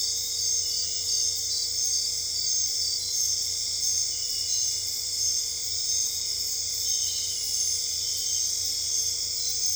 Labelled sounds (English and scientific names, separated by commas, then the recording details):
none
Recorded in dense forest near Puerto Asís, Putumayo, Colombia, on 26 December 2024 at 00:00
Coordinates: 0.485, -76.318
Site GP03